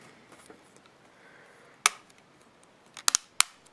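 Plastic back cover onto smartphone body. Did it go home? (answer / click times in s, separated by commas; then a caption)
yes / 1.9 s, 3.1 s, 3.4 s. A plastic battery back cover is pressed onto a Galaxy Nexus smartphone body, and clips snap at several points around the edge. Sharp, bright snaps ring out at 1.9 s, 3.1 s and 3.4 s, with a few quieter ticks in between. The cover is seated all around.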